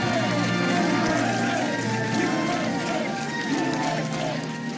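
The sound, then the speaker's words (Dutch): A crowd of about 10,000 people on a square in Vilnius chants "USA" in loud, rhythmic unison as President Biden leaves the podium after his speech, the repeated call rising and falling over a steady roar of many voices with no pause. “Ja, het publiek roept massaal USA terwijl Biden het podium verlaat.”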